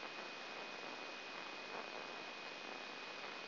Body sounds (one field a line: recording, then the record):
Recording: brain microelectrode recording played as sound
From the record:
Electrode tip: inside the subthalamic nucleus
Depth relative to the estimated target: 1 mm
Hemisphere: left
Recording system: AlphaMap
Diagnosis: Parkinson's disease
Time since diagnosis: 14 years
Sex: male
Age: 56 years